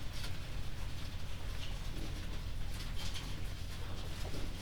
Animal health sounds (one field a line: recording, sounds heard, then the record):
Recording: poultry house recording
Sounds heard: healthy chickens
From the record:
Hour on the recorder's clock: 21